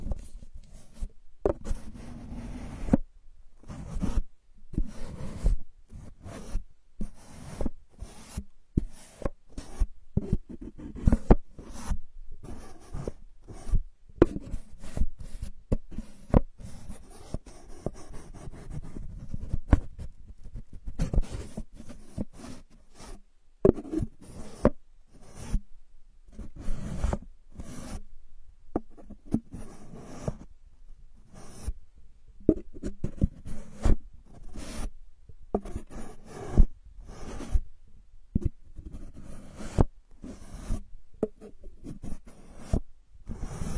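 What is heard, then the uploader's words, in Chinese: Bottle caps are tapped, twisted and scraped. Short crisp clicks and scratchy rubs come in rapid, irregular bursts throughout, with brief pauses between clusters and soft low handling sounds underneath. 多种瓶盖触发音。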